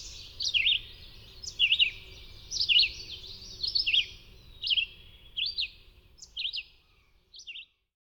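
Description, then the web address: Red-eyed vireo song, a series of quick slurred whistled phrases spaced about a second apart. "Songs of Birds of North America Know Your Bird Sounds. Red-eyed Vireo"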